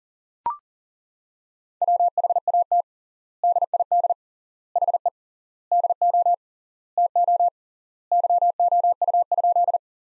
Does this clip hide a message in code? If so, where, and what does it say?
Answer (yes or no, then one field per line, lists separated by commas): yes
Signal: Morse code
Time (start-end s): 1.8-9.8 s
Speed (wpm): 37 wpm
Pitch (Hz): 700 Hz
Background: none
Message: WHAT DID HE DO TO YOU?